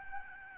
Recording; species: mosquito wingbeat signal from an infrared sensor; Aedes albopictus